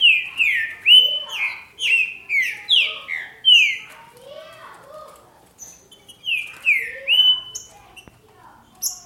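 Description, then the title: Green-winged saltator song: a long run of bold whistled notes dropping in pitch, a pause, then a shorter run. "Trinca Ferro"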